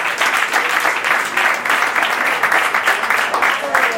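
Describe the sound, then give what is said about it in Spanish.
A crowd applauds the painter Patricio Hidalgo steadily and loudly for several seconds, a dense wash of many hands clapping with scattered cheers mixed in, holding an even level throughout. “Aplausos para Patricio Hidalgo.”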